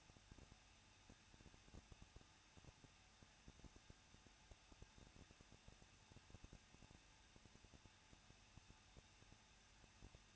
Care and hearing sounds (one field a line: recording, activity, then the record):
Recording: daily activity, microphone in the room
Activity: no activity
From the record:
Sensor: 2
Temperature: 21.0 degrees Celsius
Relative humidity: 37.4%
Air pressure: 1006.2 hPa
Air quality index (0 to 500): 222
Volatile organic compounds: 24 ppm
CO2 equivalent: 2813 ppm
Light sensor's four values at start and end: 2/3/2/2 and 2/3/2/2